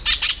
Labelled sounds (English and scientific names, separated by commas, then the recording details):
Brown-throated Parakeet (Eupsittula pertinax) contact call
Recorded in Venezuela
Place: Hato Matapalo, Bolívar
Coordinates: 7.356, -61.542